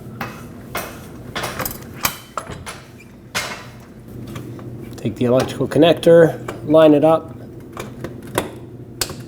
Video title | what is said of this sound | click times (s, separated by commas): How to Replace Fuel Pump 2005-2021 Nissan Frontier | and push it until it clicks. | 9.0 s